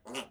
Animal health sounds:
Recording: pig call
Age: piglet (1 to 25 days)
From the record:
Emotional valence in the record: negative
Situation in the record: restrain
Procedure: back test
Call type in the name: low-frequency call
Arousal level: medium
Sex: male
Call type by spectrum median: low-frequency call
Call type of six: mixed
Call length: 0.30 s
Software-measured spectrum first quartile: 553 Hz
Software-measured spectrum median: 1724 Hz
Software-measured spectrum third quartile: 3607 Hz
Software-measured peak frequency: 253 Hz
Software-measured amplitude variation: 186 dB a second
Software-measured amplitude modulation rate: 11.5 a second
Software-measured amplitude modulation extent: 16.1 dB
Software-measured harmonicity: 1.4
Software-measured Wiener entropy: -1.93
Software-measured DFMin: 1607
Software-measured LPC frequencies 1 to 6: 539, 1117, 2853, 4653, 5957, 6950 Hz

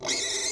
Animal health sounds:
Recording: pig call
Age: weaner (32 to 43 days)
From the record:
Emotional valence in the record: negative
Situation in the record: long isolation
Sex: female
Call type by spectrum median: high-frequency call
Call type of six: high-frequency stable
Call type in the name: high-frequency stable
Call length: 0.52 s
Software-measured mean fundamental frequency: 143 Hz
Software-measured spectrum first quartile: 2548 Hz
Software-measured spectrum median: 4565 Hz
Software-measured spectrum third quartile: 6408 Hz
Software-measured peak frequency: 3907 Hz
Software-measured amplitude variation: 87 dB a second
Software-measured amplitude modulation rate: 20.1 a second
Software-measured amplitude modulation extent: 4.3 dB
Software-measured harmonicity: 2.7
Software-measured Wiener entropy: -2.03

